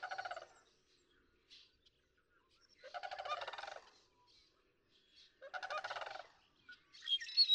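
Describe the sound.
Sandhill crane calling with three rolling, rattling bugles spaced a couple of seconds apart, with small bird chirps between and a sharp higher note at the end.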